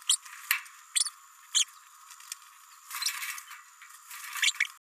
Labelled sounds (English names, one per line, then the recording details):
Green-rumped Parrotlet babbling
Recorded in a nest box in Venezuela
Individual 18B104A3